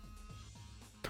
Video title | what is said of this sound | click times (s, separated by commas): Stream VOD: RTX3090, RTX4090 and GTX580 Teardown And Reassembly | now you can unlock it again | 1.0 s